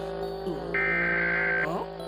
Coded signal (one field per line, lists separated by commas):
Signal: Emergency Alert System (SAME) tones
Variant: header bursts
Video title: eas alarm County part 1